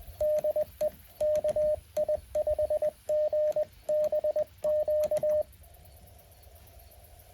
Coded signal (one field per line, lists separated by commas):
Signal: Morse code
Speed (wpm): 20 wpm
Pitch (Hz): 610 Hz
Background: radio noise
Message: DE KI5GBQ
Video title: Morse code POTA activation 10/14/2024